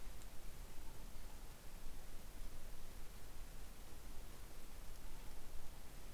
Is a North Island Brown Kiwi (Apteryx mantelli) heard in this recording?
no